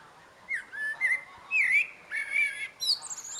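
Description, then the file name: Common blackbird song, a run of rich fluted whistles, slurred and wavering, closing with a sharp high squeaky flourish. "Turdus merula"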